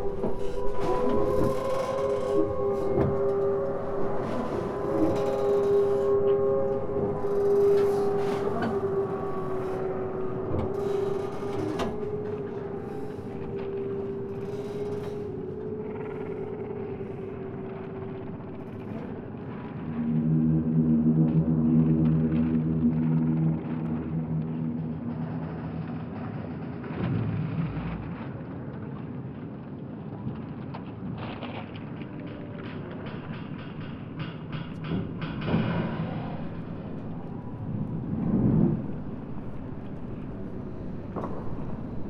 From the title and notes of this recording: The eery-strange chaotic sounds made by floating pontoons moving in response to watery energies. In mid-winter this year, I went down to a favourite pontoon that floats alongside the Sydney Opera House at a place named the Man O’War Steps. I went to the Man O’War pontoon with a contact microphone to attach to the structure and a hydrophone to listen underwater.